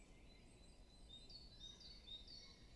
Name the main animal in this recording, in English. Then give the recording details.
Great Tit. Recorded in Germany. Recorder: ecoPi